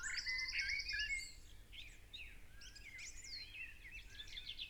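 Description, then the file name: Common blackbird song through noticeable background hiss, with a short rattled trill and fluted note followed by scattered high, squeaky twittering. "Turdus merula"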